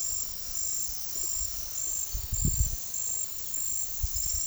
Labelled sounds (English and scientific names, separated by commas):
none